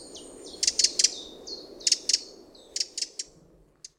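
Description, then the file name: Eurasian wren uttering hard clicking tics in groups of two or three about once a second, over soft high whistling and a low hiss. "Troglodytes troglodytes"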